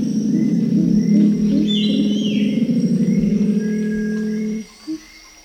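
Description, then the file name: Pale-winged trumpeter giving a low, pulsing hum that drones steadily for over four seconds and then stops abruptly, with faint high whistles from other birds above. "pale-winged trumpeter psophia leucoptera"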